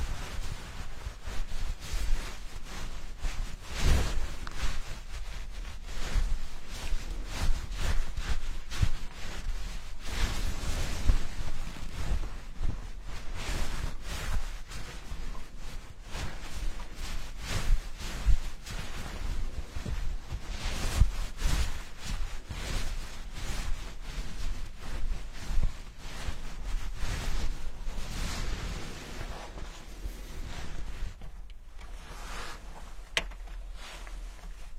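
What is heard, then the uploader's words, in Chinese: Hair washing with a scalp massage: dense, continuous rubbing and scrubbing with frequent short bursts and a softer stretch near thirty seconds. 沉浸式洗头体验 & 头皮按摩。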